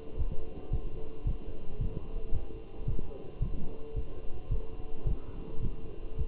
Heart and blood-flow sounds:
heart sounds by stethoscope; between the tricuspid and mitral areas; 110 bpm
0.19 s: heartbeat
0.73 s: heartbeat
1.27 s: heartbeat
1.81 s: heartbeat
2.34 s: heartbeat
2.88 s: heartbeat
3.42 s: heartbeat
3.96 s: heartbeat
4.51 s: heartbeat
5.07 s: heartbeat
5.63 s: heartbeat
6.18 s: heartbeat
From the record:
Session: walking at 3.7 km/h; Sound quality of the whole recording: good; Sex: male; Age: 27 years

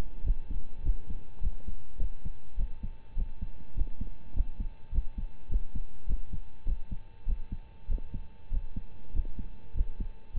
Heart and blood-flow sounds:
heart sounds by stethoscope; between the tricuspid and mitral areas; 101 bpm
0.23 s: heartbeat
0.82 s: heartbeat
1.40 s: heartbeat
1.98 s: heartbeat
2.56 s: heartbeat
3.15 s: heartbeat
3.74 s: heartbeat
4.33 s: heartbeat
4.91 s: heartbeat
5.48 s: heartbeat
6.06 s: heartbeat
6.65 s: heartbeat
7.25 s: heartbeat
7.87 s: heartbeat
8.50 s: heartbeat
9.12 s: heartbeat
9.73 s: heartbeat
10.33 s: heartbeat
From the record:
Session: rest, lying down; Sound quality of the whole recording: partially saturated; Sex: male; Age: 25 years

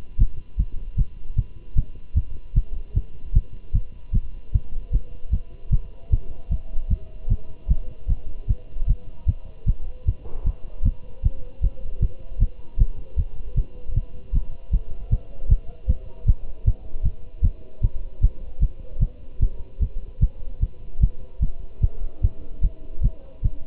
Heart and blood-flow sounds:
heart sounds by stethoscope; between the tricuspid and mitral areas; 152 bpm
0.20 s: heartbeat
0.59 s: heartbeat
0.98 s: heartbeat
1.38 s: heartbeat
1.77 s: heartbeat
2.16 s: heartbeat
2.56 s: heartbeat
2.96 s: heartbeat
3.35 s: heartbeat
3.74 s: heartbeat
4.14 s: heartbeat
4.54 s: heartbeat
4.93 s: heartbeat
5.32 s: heartbeat
5.72 s: heartbeat
6.12 s: heartbeat
6.51 s: heartbeat
6.91 s: heartbeat
7.30 s: heartbeat
7.69 s: heartbeat
8.09 s: heartbeat
8.49 s: heartbeat
8.89 s: heartbeat
9.28 s: heartbeat
9.67 s: heartbeat
10.07 s: heartbeat
10.46 s: heartbeat
10.85 s: heartbeat
11.25 s: heartbeat
11.63 s: heartbeat
12.02 s: heartbeat
12.41 s: heartbeat
12.80 s: heartbeat
13.18 s: heartbeat
13.57 s: heartbeat
13.96 s: heartbeat
14.34 s: heartbeat
14.73 s: heartbeat
15.12 s: heartbeat
15.50 s: heartbeat
15.89 s: heartbeat
16.21 s: heartbeat
16.67 s: heartbeat
17.05 s: heartbeat
17.44 s: heartbeat
17.83 s: heartbeat
18.23 s: heartbeat
18.61 s: heartbeat
19.01 s: heartbeat
19.42 s: heartbeat
19.81 s: heartbeat
20.22 s: heartbeat
20.62 s: heartbeat
21.02 s: heartbeat
21.42 s: heartbeat
21.83 s: heartbeat
22.23 s: heartbeat
22.63 s: heartbeat
23.03 s: heartbeat
23.44 s: heartbeat
From the record:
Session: Bruce protocol treadmill stress test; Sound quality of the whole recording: good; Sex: male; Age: 25 years

